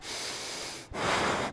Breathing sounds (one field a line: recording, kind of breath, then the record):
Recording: one breath in and out by a microphone near the nose and mouth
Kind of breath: strong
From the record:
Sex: male